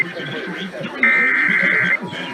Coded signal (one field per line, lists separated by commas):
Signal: Emergency Alert System (SAME) tones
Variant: header bursts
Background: speech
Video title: Los Angeles Required Monthly Tests (EAS #5372-5427) 11/30/21